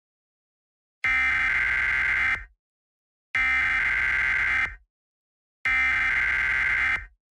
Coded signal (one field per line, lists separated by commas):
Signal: Emergency Alert System (SAME) tones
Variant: header bursts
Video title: eas heat warning